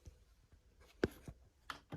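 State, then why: Torque reached. A torque wrench checks the steel cylinder nuts on a KTM 65 SX two-stroke motorcycle engine after the cylinder has been refitted. Amid faint low ticks and rustle, two sharp clicks ring out at 1.0 and 1.7 seconds, matching the wrench breaking at its set torque.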